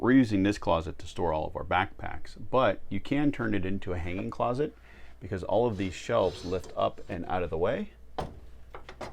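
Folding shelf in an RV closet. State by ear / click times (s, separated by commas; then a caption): seated / 8.2 s. Someone talks, then a folding shelf in the closet of a GXV Hilt 4x4 Class C RV, a closet used to store backpacks that can become a hanging closet, is lifted up and out of the way. It locks into its raised position with a sharp click at 8.2 seconds, followed by a few softer knocks.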